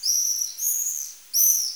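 Swift calls: three shrill, piercing screams, each drawn out, with brief gaps between; no other sounds.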